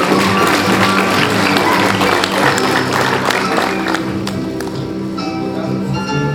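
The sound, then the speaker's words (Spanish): An audience at Colegio Maranata applauds a student with dense, steady clapping that holds for about six seconds and eases slightly near the end, over a faint sustained tonal hum. “¡Aplausos, por favor!”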